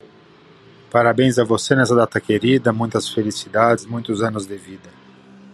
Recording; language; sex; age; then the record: short text; Brazilian Portuguese; male; 40 to 49 years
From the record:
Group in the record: control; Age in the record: 49 years